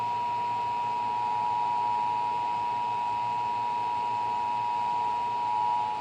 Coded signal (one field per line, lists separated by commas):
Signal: Emergency Alert System (SAME) tones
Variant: 853 and 960 Hz attention tone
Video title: (EAS #402) 2023 National Periodic Test (or Nationwide Test of the Emergency Alert System)